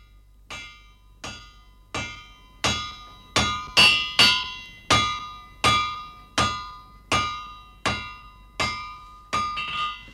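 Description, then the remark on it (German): The blacksmith Wassil hammers on metal in a steady run of sharp, ringing clangs, about one strike every half to three-quarters of a second, each leaving a bright metallic ring as it fades. No one speaks. “Bist du Wassil, der Schmied?”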